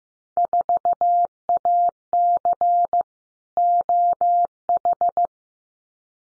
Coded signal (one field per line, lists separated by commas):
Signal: Morse code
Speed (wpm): 15 wpm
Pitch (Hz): 700 Hz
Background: none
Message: 4AC OH